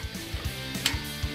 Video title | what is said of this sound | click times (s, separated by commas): Easy 1-2-3 Installation - Regal ideas Aluminum Railing | So you know it locks into place when you hear that magical click. | 0.9 s